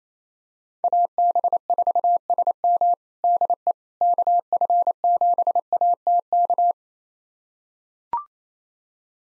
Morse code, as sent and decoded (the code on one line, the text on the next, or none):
.- -... ....- ... -- / -.. . / -.- ..-. --... .- - -.-
AB4SM DE KF7ATK